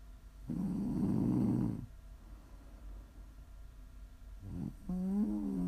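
Prime ASMR snoring from an adult woman asleep: one long, loud, rough low snore, a quieter breath, then a brief snort followed by a tonal, whistling snore.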